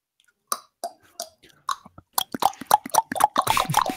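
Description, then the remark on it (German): A voice makes a series of sharp mouth clicks and tongue clacks, sparse at first, then quickening into a dense, irregular patter, mimicking applause instead of clapping. “Das sollte man auf College Campuses einführen, so anstatt zu klatschen, dann klackern alle mit dem Mund so.”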